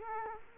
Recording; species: mosquito wingbeat signal from an infrared sensor; Culex quinquefasciatus